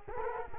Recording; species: mosquito wingbeat signal from an infrared sensor; Culex quinquefasciatus